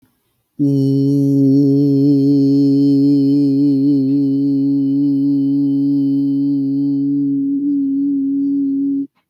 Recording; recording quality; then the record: sustained vowel as in boot; excellent, no background noise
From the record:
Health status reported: respiratory illness, not identified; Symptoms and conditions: cough, fever, pneumonia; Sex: male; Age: 39 years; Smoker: yes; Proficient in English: yes